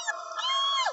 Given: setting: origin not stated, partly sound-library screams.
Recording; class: one-second piece from a danger detection set; woman in danger